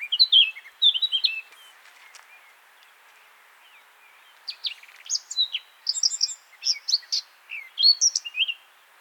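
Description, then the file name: Eurasian blackcap song: a phrase of descending whistles, a pause, then a lively, scratchy, high twittering warble. "Sylvia atricapilla"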